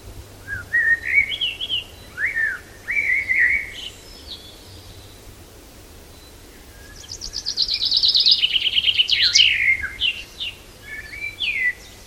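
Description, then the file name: Common chaffinch song: a fast falling trill with an emphatic ending, after scattered slurred notes earlier on. "Fringilla coelebs"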